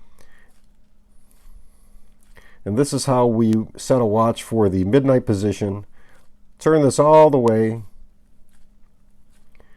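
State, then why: Seated. In a Rolex 3135 automatic metal watch movement, the crown is turned with the stem pulled to the second click position, advancing the hands until the date ring and jumper reach midnight. Someone talks while the crown is turned, then a faint click is heard at 9.6 s as the date ring snaps into place. That snap marks the hands at the 12 o'clock position.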